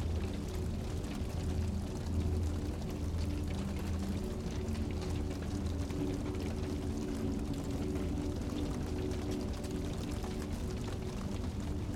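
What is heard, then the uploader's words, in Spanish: Fire crackles steadily in fine, dense ticks over soft, low sustained music tones that hum evenly throughout without any sudden changes. El chisporroteo reconfortante del fuego se mezcla con una música suave y encantadora.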